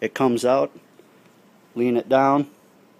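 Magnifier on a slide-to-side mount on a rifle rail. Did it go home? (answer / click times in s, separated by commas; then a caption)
no / none. A 5x magnifier on a slide-to-side mount on an AR-15's rail is handled, swung out and leaned back down while someone talks in two short bursts with quiet gaps between. The clip ends before the mount locks, so nothing has seated or clicked yet.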